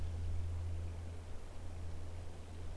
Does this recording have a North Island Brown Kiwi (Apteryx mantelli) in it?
no